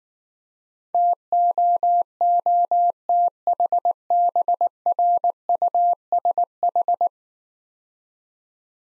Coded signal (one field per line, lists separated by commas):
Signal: Morse code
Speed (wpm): 19 wpm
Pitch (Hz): 700 Hz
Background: none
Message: TOOTHBRUSH